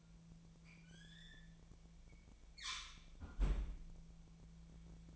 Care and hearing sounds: daily activity, microphone in the room; close fridge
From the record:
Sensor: 1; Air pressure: 1009.7 hPa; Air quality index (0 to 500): 193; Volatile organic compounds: 19 ppm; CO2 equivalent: 2648 ppm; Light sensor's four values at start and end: 30/77/32/38 and 30/77/32/38

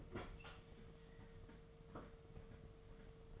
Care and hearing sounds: daily activity, microphone in the room; open fridge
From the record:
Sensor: 4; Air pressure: 1015.7 hPa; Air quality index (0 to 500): 187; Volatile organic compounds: 9 ppm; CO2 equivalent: 2157 ppm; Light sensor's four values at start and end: 10/24/10/10 and 9/19/8/8

